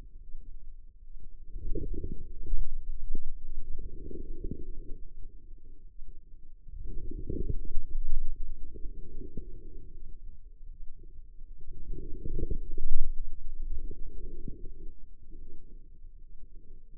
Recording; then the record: forearm muscle sounds (acoustic myography)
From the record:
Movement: outward rotation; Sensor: system 2, bracelet of six BSWA MPA416 microphones around the upper forearm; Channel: 2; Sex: female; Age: 25 years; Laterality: right